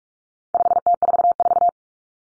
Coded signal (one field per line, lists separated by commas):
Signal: Morse code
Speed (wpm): 44 wpm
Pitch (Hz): 700 Hz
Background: none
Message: 5T44